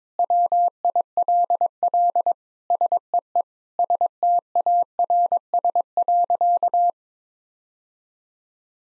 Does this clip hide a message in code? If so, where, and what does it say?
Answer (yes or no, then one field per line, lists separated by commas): yes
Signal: Morse code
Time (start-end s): 0.2-6.9 s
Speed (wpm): 22 wpm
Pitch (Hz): 700 Hz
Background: none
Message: WILL SEE STARS.